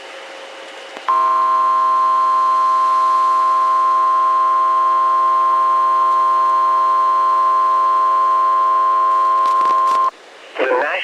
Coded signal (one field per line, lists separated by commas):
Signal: Emergency Alert System (SAME) tones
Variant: 1050 Hz attention tone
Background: speech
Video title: Severe Thunderstorm Warning (4/21/26) [EAS #399]